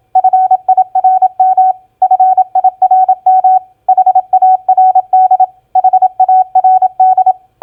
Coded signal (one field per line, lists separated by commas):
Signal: Morse code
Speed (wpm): 27 wpm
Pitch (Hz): 750 Hz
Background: none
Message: FIRM FIRM HARD HARD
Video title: Morse Code Practice Word Recognition SOFT-FIRM-HARD 27wpm